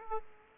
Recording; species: mosquito wingbeat signal from an infrared sensor; Aedes aegypti